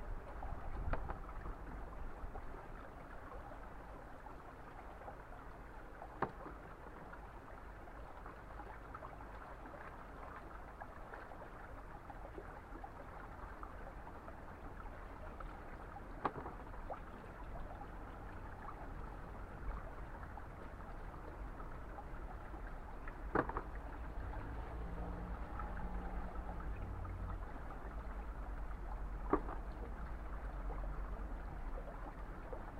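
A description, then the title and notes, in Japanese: Daikon radishes are washed in spring water, with a steady, dense rush and splash of flowing water running the whole time over a low rumble. Sharp knocks or clacks break through now and then, around 6, 16, 23 and 29 seconds. 環境音 湧水で大根洗い。そのための大根洗いを、いつもの富士湧水の洗い場で行います。洗い場の向かいはお寺。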